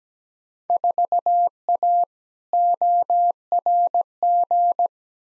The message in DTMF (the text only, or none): none